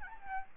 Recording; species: mosquito wingbeat signal from an infrared sensor; Aedes albopictus